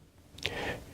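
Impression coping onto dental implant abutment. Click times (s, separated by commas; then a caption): 0.4 s, 0.5 s. A plastic impression coping, with its dot lined up with the flat side of a Dentsply Astra direct abutment on a dental implant, is pressed on with finger pressure. A faint tick at 0.4 s is followed by a sharper snap at 0.5 s, then a short rustling tail. The coping snaps home and is seated on the abutment.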